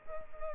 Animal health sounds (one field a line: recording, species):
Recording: mosquito wingbeat signal from an infrared sensor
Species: Culex quinquefasciatus